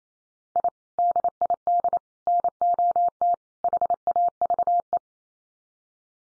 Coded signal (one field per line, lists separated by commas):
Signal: Morse code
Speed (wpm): 28 wpm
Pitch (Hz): 700 Hz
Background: none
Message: I DID NOT HAVE